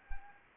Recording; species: mosquito wingbeat signal from an infrared sensor; Anopheles gambiae